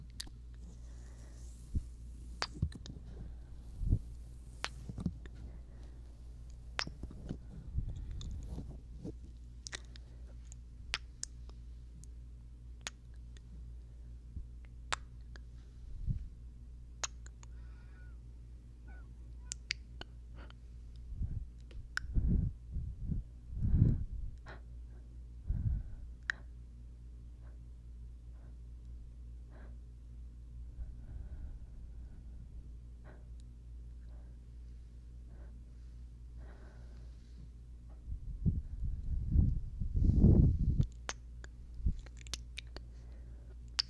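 Wet kissing and mouth sounds come in scattered clicks and smacks over a steady low hum. They cluster in bursts near the start, around the 22–24 second mark, and again near 40 seconds, with quieter gaps of soft breathing between.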